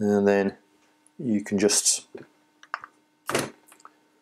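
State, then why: Released. Someone talks while a steel E3 e-clip is levered off a small metal pin with dedicated e-clip removal pliers, the pin held with another set of pliers. A sharp metallic snap at 2.7 s marks the clip popping off, and it stays held in the pliers' jaws, fully released.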